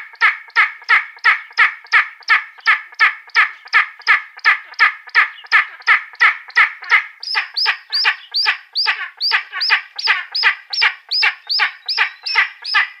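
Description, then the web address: Spanish imperial eagle giving a long, steady series of harsh, barking notes, about three per second; from midway each note gains a sharp upward-slurred start. "Schulze Peter Spanish Imperial Eagle"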